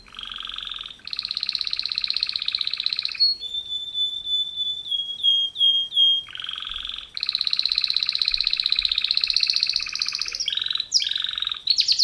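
Canary song of buzzy trilled tours, broken midway by falling whistled notes, then more long rolling trills and quick changing phrases.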